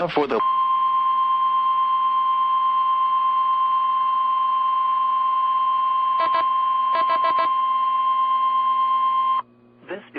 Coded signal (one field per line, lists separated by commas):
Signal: Emergency Alert System (SAME) tones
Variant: 1050 Hz attention tone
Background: speech